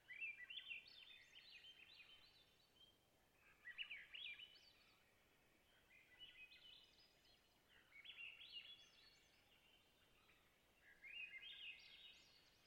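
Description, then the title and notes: Swainson's thrush song: five flutey, spiralling phrases climbing upward, with a soft steady background hiss. Spring twilight, Long Lake, Talkeetna, Alaska; clear boreal taiga lake with white spruce and thick moss beds; 49-61°F, light to no wind. "Swainson's Thrush - Catharus Ustulatus. Location: Long Lake, Talkeetna, AK"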